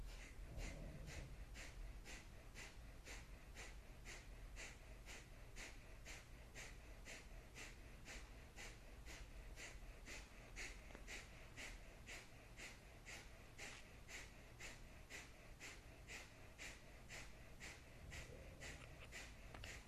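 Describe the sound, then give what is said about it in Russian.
Forceful, rapid breathing as a breathing exercise repeats in a steady, quick rhythm of sharp, hissing exhalations, roughly two per second, sustained without pause and with no talking. “Если вы чувствуете, что вот-вот оно начинается, вы сбавляете обороты, но продолжаете дышать.”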